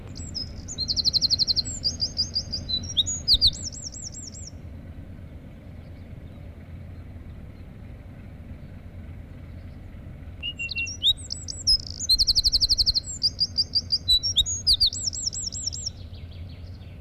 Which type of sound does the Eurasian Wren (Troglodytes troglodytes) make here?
song